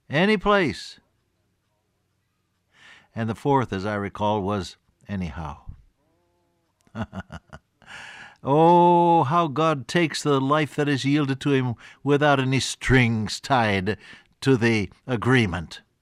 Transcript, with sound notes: anyplace.” And the fourth, as I recall was, “Anyhow.” (Laughs) Oh, how God takes the life that is yielded to Him without any strings tied to the agreement!